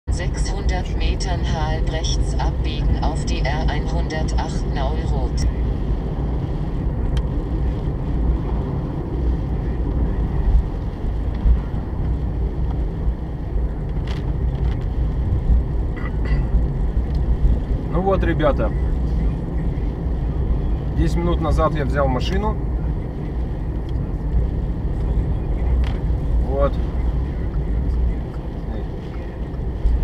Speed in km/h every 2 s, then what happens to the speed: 34, 39, 39, 42, 42, 38, 35, 37, 39, 41, 39, 36, 36, 37, 37.
0-6 speeds up to 42. 6-12 slows to 35. 12-30 steady at about 37.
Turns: none.